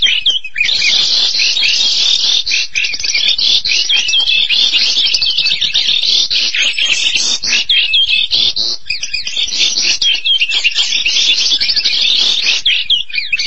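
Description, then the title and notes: Starling producing a long stream of grating chatter and squeaky, metallic notes, barely pausing across the whole passage. "suara burung jalak"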